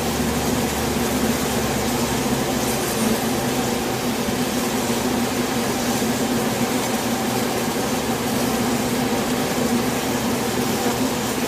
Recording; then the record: honeybee colony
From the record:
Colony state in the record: swarm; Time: day